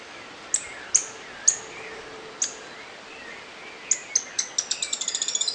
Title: LuckyPassaro Completos2Sama. Grey-headed Spinetail (Cranioleuca semicinerea)